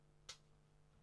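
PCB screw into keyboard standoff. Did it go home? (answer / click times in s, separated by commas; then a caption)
yes / 0.3 s. A PCB screw rests on a keyboard standoff for an AE Boards Satellite EC kit and is turned briefly backwards so its thread drops into line with the standoff's thread, to avoid cross-threading. The thread start falls into place with a single small, bright click at 0.3 s over a low steady hum. The screw is seated and aligned.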